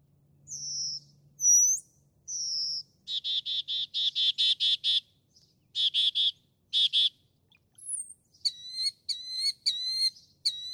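Northern mockingbird song: high thin whistles, then loud rapid buzzy repeated notes, ending in a series of quick sweeping chirps.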